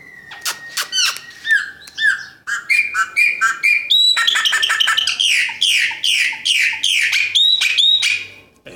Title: Passaro Preto